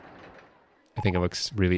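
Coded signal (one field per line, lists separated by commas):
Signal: none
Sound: game's interface beeps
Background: speech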